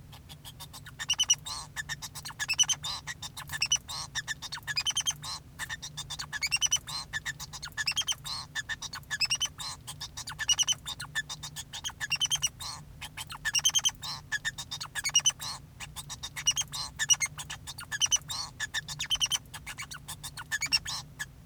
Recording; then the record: song of a male Bengalese finch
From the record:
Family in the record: son of father 2